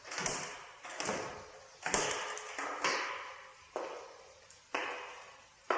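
Heavy footsteps of someone approaching down a corridor echo, about seven hard, ringing steps at a slow, steady pace, each one sharp and followed by a lingering decay, with no voices.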